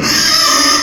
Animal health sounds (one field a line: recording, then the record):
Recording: squeal of a Yucatan mini pig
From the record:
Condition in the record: before surgery on the right vocal fold (resection and tissue-engineered implant)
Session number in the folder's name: 2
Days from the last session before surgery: 0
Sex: male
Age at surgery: 12 weeks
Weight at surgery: 13 kg